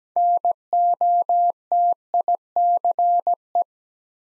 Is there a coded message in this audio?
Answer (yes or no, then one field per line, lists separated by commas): yes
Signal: Morse code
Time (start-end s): 0.2-3.6 s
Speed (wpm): 17 wpm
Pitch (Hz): 700 Hz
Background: none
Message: NOTICE